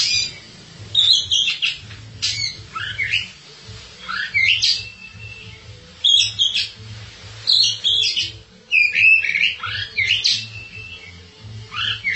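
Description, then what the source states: Oriental magpie-robin singing repeated short phrases of clear whistles, downslurred notes and sharp chips, spaced by brief pauses over a steady low hum. Kacer song.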